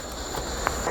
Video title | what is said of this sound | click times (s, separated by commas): Scorpion EXO AT-960 Helmet - Sena 50S Install & App Setup - #biketoberfest2023 | it takes a second or so let's see here there we go and then you're going to hear a little click | 0.7 s